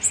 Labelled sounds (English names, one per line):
Blue-winged Warbler flight call